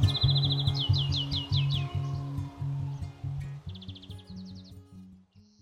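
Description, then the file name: European greenfinch giving quick twittering trills of rapid notes, a long trill then pauses before a shorter burst, over a steady low mechanical hum. "verderon"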